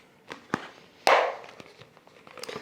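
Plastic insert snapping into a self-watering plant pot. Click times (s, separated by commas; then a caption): 1.1 s. A plastic insert with a small side fill hole is pressed into a self-watering planter so it won't come off once water is added. A few light taps and knocks come first, then a sharp, loud snap at 1.1 s that trails off in a brief rattle. The insert is seated in place.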